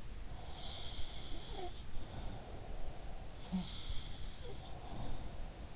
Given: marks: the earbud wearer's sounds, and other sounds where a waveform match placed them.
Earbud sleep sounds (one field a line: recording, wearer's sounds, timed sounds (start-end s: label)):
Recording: sounds in sleep by an in-ear microphone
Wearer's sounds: breath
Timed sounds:
0.25-5.55 s: sound from someone else or the room
1.87-3.75 s: breath